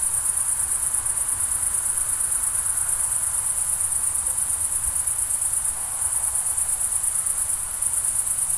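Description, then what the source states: Crickets trill without pause in a dense, high chorus with small dips, above a steady low rumbling background. Summer night ambience in the Pyrenees mountains, France, with crickets and a distant river.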